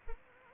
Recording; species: mosquito wingbeat signal from an infrared sensor; Anopheles arabiensis